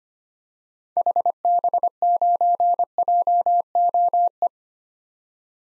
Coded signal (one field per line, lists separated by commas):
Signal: Morse code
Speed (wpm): 25 wpm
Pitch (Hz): 700 Hz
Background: none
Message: HB9JOE